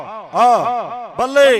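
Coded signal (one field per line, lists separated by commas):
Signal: none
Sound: three short beeps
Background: speech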